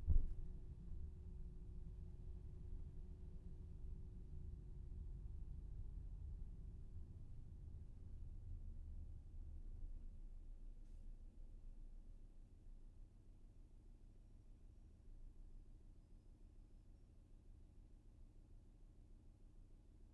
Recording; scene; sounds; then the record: everyday scene through a hearing-aid microphone; in a vehicle; engine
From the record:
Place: VW T5 Caravelle, diesel engine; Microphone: behind the ear, left, rear